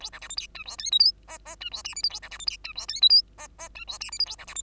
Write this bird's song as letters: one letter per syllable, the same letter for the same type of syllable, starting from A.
A B C D E F G H I J K K F G L M N A B C D E F G H I J K K F G L M N A B C D